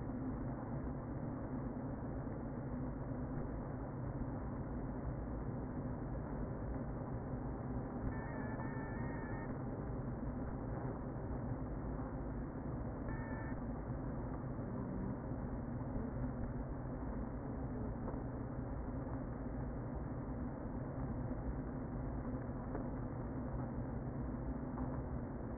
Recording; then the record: honeybee colony, microphone inside the hive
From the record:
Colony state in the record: queen present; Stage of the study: before two queens were removed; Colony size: about 60,000 bees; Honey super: yes